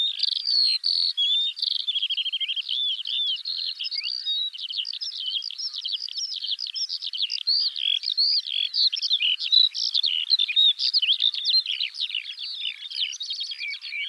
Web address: skylark sound